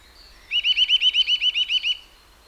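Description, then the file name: Eurasian nuthatch gives a trill of about ten quick rising whistles against faint background hiss. "Sitta europaea"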